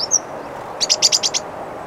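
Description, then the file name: Great tit call: a quick run of several short, harsh notes, high-pitched and evenly spaced, after a brief thin whistle, over a steady background noise. "Parus major"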